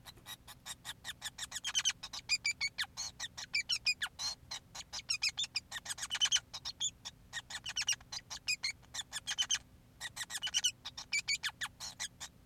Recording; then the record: song of a male Bengalese finch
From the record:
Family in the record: son of father 5